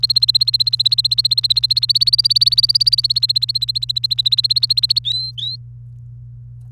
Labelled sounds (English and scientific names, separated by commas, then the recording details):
Domestic Canary (Serinus canaria) song
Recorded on 28 April 2018 at 05:59
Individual llb3